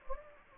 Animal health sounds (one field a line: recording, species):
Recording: mosquito wingbeat signal from an infrared sensor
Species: Anopheles gambiae